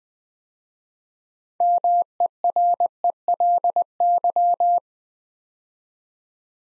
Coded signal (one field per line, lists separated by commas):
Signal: Morse code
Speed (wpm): 20 wpm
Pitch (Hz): 700 Hz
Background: none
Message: MERELY